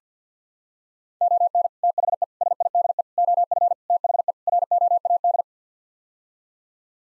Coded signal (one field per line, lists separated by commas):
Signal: Morse code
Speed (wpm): 50 wpm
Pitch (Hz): 700 Hz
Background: none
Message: ON THE SIDE OF THE ROAD